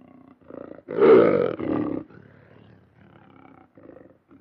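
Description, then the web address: Lion gives one loud drawn-out roar, then a string of quieter grunting puffs. "big cats|lions"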